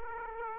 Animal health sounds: mosquito wingbeat signal from an infrared sensor; Aedes aegypti

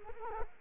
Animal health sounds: mosquito wingbeat signal from an infrared sensor; Culex quinquefasciatus

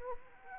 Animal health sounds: mosquito wingbeat signal from an infrared sensor; Anopheles arabiensis

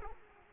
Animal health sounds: mosquito wingbeat signal from an infrared sensor; Aedes aegypti

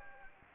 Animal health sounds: mosquito wingbeat signal from an infrared sensor; Anopheles gambiae

